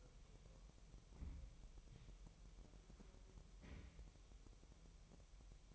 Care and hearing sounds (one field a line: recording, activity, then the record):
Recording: daily activity, microphone in the room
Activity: wipe stove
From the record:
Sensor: 1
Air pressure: 1001.0 hPa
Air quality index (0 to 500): 248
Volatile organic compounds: 147 ppm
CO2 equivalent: 4012 ppm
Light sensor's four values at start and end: 12/29/12/13 and 12/29/12/13